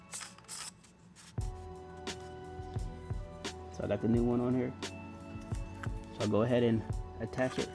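A NiSi JetMag Pro magnetic lens filter is handled near a new metal locking adapter ring on a lens, a fix meant to stop these filters from falling off, while someone talks over background music. Faint handling ticks and a couple of sharp small knocks near 1.4 s and 5.8 s are heard. Nothing has seated or clicked yet.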